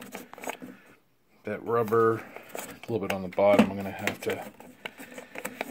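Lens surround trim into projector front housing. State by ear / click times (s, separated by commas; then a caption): seated / 4.9 s, 5.4 s, 5.5 s, 5.6 s. A plastic lens surround trim with a rubber edge is worked around the lens of a JVC D-ILA projector and pressed into the projector's front housing during reassembly after a ballast repair. Someone talks over light handling clicks, then sharp snaps at 4.9, 5.4, 5.5 and 5.6 seconds as its sides pop into place. The trim is seated.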